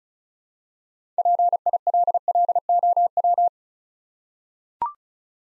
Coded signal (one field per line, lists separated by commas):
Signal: Morse code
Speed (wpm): 36 wpm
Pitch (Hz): 700 Hz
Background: none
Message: PILLOW